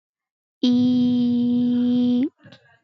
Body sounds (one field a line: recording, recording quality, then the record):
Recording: sustained vowel as in beet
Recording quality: excellent, no background noise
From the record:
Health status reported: exposed to COVID-19, no respiratory illness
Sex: female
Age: 23 years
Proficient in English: yes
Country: India